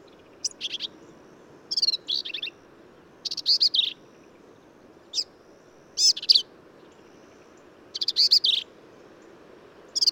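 Black-capped vireo song: brief, emphatic phrases of buzzy, chattering notes separated by short pauses, over quiet background hiss.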